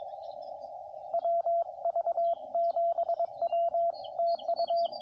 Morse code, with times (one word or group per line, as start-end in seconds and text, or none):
1.1-3.9 WV7W
4.2-4.9 TU